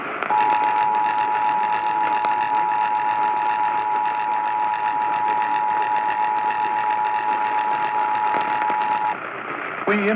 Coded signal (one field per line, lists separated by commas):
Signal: Emergency Alert System (SAME) tones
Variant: 853 and 960 Hz attention tone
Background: speech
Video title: North Texas Mayhem - EAS alerts from March 18, 2020 | EAS #73-83